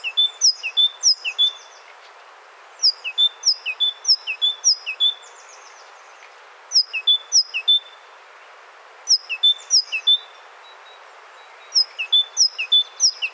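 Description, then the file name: Great tit song: bright high whistled notes in three-note phrases, in bouts of several quick repeats separated by quiet pauses. "Parus major"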